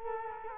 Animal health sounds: mosquito wingbeat signal from an infrared sensor; Culex quinquefasciatus

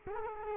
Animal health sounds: mosquito wingbeat signal from an infrared sensor; Culex quinquefasciatus

